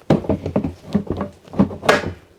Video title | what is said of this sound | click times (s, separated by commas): Milwaukee Packout 38 in Rolling Tool Chest Review | it locks into place I got my pack out vacuum | 1.9 s